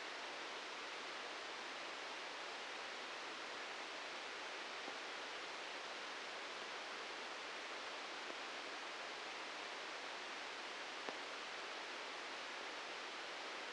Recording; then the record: brain microelectrode recording played as sound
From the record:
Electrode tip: outside the subthalamic nucleus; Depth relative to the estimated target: 2 mm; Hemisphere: right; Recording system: NeuroSet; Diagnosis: Parkinson's disease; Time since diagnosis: 13 years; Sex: male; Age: 63 years